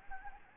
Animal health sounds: mosquito wingbeat signal from an infrared sensor; Anopheles gambiae

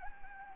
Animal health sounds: mosquito wingbeat signal from an infrared sensor; Anopheles gambiae

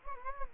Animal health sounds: mosquito wingbeat signal from an infrared sensor; Anopheles gambiae

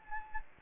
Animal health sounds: mosquito wingbeat signal from an infrared sensor; Anopheles gambiae

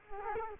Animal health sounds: mosquito wingbeat signal from an infrared sensor; Culex quinquefasciatus

